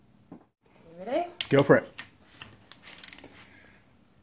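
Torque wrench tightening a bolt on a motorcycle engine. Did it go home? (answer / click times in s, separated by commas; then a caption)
yes / 1.4 s. A torque wrench with a 17 mm socket is pulled to tighten a bolt on a motorcycle engine during an oil change. It gives a sharp, loud click at about 1.4 s as it reaches its setting, and someone talks around it. A few lighter metallic taps follow near 2.4 to 3.1 s.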